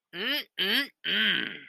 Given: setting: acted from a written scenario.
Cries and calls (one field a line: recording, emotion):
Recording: vocal sound without words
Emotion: desire